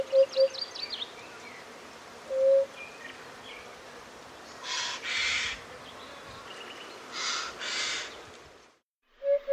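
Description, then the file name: Eurasian hoopoe giving soft low hooting notes, a short double at the start, a single note near two and a half seconds and another at the end, amid small-bird chirps and broad noise bursts. "abubilla"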